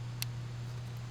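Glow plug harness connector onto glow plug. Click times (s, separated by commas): 0.2 s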